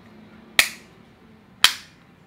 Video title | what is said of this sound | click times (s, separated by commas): A Case...For your Mac Charger? - Juiceboxx Magsafe Hardshell Case - Review | And anyways, it's a two-piece design. Snaps in place like so. | 0.6 s, 1.6 s